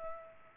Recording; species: mosquito wingbeat signal from an infrared sensor; Aedes aegypti